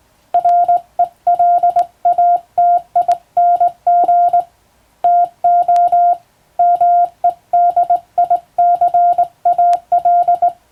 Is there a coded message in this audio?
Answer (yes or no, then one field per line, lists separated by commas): yes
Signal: Morse code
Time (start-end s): 0.3-10.5 s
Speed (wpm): 21 wpm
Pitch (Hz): 700 Hz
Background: none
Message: RELATING TO MEDICAL